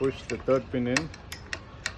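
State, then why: Seated. Someone talks as the third locking pin is pushed through the aligned holes of a section of a home-built portable aluminium telescopic mast for ham radio antennas. Sharp metallic ticks follow at 1.5 s and 1.9 s as the pin clicks and locks into place, seating the mast section.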